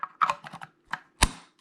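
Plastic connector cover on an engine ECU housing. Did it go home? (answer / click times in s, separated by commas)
yes / 1.2 s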